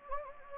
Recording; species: mosquito wingbeat signal from an infrared sensor; Anopheles gambiae